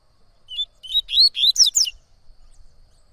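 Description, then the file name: Coleiro-baiano song phrase: a soft opening whistle followed by a quick run of bright, rising and falling whistled notes, then quiet. Singing a lot; tui-tui song style. "Coleiro Baiano Cantando Muito Canto Tui Tui"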